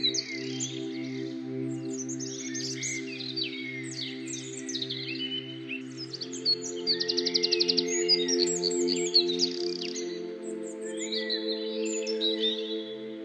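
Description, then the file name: Bird chirping with busy twittering phrases and a rapid trilled burst, over a sustained synthetic humming chord. Bird chirping used as an alarm tone. "weckton vogelgezwitscher"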